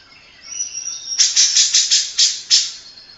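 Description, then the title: Grey-cheeked bulbul giving a rapid series of harsh, noisy chatter notes after a faint thin whistle. Long-duration master song, played to train other birds. "Cucak Jenggot Masteran Durasi Panjang"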